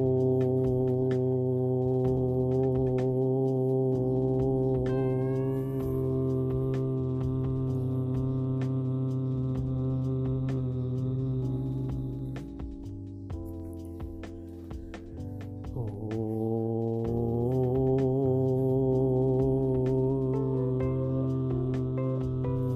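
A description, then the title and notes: A low, sustained OM chant hums steadily with rich overtones, briefly thinning near the middle before swelling back, with faint clicks throughout. OM Chanting (108 times).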